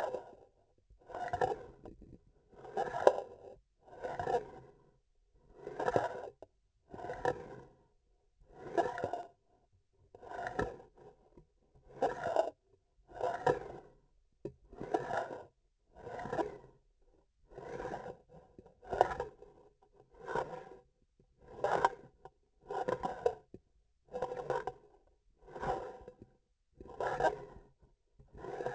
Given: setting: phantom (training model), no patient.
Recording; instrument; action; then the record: laparoscopic instrument, vibration sensor on the handle end; grasping forceps; approaching and retracting movements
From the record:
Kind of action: spatial motion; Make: Olympus